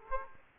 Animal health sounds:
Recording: mosquito wingbeat signal from an infrared sensor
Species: Aedes aegypti

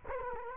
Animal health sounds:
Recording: mosquito wingbeat signal from an infrared sensor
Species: Culex quinquefasciatus

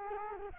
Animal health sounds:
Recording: mosquito wingbeat signal from an infrared sensor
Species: Culex quinquefasciatus

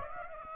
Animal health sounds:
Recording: mosquito wingbeat signal from an infrared sensor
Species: Aedes aegypti

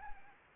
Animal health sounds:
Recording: mosquito wingbeat signal from an infrared sensor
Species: Anopheles gambiae

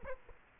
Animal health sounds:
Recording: mosquito wingbeat signal from an infrared sensor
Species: Aedes aegypti

